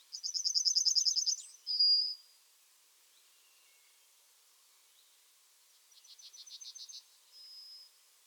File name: Yellowhammer Emberiza citrinella